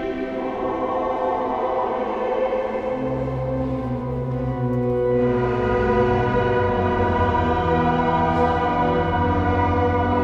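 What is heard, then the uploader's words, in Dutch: Sustained organ chords fill a large cathedral, each note held long and ringing out. A deep bass note joins around three seconds, and the chord shifts brighter and louder after five seconds, staying steady and full to the end. Sint Janskathedraal, Den Bosch, Netherlands. There was a service in proceedings for the celebration of Pentecost.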